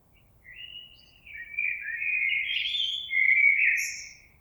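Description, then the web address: Common blackbird song: a slow, rich whistled phrase swelling in loudness, finishing with thin high-pitched squeaks; faint low background rumble. Recorded on 26 April 2022. "oiseaux Merle 2022 04 26"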